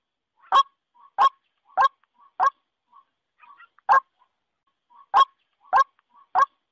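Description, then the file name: White-breasted waterhen calling: short, hard single notes repeated at short intervals, with a longer pause midway and faint soft notes in the gaps. Female white-breasted waterhen calling. "Tieng quoc mai keu"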